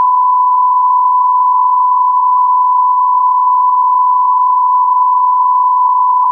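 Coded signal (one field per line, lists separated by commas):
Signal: radio time signal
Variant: Beta, RJH77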